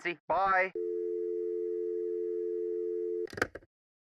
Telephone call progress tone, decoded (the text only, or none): dial tone